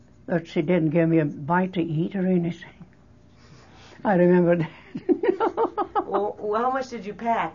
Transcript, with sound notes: But she didn't give me a bite to eat or anything. I remember that. (laughs)
How much did you pack?